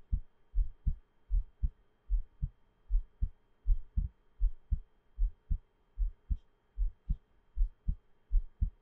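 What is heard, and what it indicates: Steady, muffled low thumps come in lub-dub pairs at about 79 beats a minute, with an even rhythm, and no talking. A faint steady hum sits in the background. These are ordinary heart sounds.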